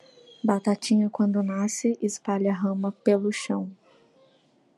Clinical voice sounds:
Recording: short text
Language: Brazilian Portuguese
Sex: female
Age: 20 to 29 years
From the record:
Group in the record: control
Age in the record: 27 years

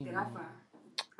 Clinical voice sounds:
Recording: spoken sentence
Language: Brazilian Portuguese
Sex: male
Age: 60 to 69 years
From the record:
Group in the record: control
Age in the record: 60 years

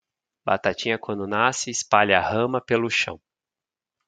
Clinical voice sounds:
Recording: short text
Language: Brazilian Portuguese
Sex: male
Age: 40 to 49 years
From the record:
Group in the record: control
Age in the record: 41 years

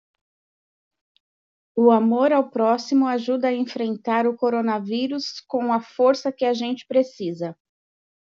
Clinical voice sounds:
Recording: spoken sentence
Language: Brazilian Portuguese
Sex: female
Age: 40 to 49 years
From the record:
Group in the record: control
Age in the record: 48 years

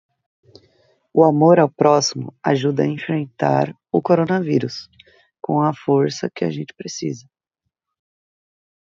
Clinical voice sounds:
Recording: spoken sentence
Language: Brazilian Portuguese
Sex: female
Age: 30 to 39 years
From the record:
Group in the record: control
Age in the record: 30 years

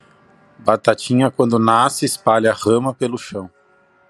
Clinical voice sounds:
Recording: short text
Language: Brazilian Portuguese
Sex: male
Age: 30 to 39 years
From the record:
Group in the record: control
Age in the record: 38 years

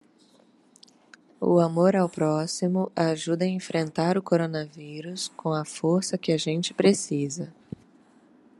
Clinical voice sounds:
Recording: spoken sentence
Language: Brazilian Portuguese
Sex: female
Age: 30 to 39 years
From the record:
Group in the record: control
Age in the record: 30 years

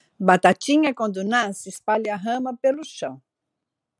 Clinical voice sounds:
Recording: short text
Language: Brazilian Portuguese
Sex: female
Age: 60 to 69 years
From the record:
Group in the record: control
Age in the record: 67 years

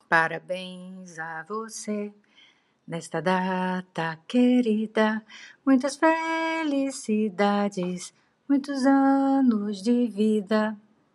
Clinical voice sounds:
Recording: short text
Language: Brazilian Portuguese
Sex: female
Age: 50 to 59 years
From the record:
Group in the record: control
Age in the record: 53 years

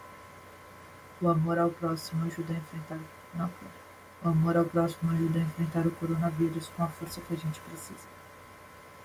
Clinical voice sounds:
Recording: spoken sentence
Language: Brazilian Portuguese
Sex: female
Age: 20 to 29 years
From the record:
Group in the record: control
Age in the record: 24 years

